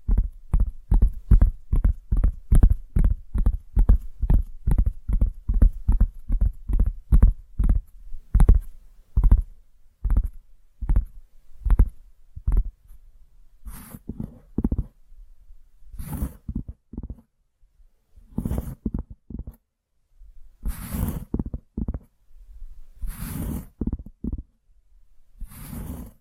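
Tapping repeats in a fast, regular series of dull, low knocks for the first ten seconds or so. It then breaks into sparser, irregular clusters of taps, some with a crisp bright edge, separated by short silences through to the end.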